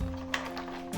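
A plastic head piece of a 14-inch ring light is pushed into its socket on the stand until it clicks into the mount, with a sharp click at 0.3 s over steady background music. The head is seated in the stand.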